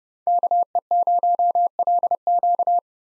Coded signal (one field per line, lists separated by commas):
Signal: Morse code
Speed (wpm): 30 wpm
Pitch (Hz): 700 Hz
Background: none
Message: KE0LQ